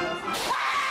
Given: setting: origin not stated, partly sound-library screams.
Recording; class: one-second piece from a danger detection set; woman in danger